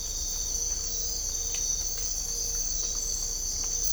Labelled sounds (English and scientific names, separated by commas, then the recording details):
none
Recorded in dense forest near Puerto Asís, Putumayo, Colombia, on 22 December 2024 at 05:00
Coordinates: 0.500, -76.322
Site G053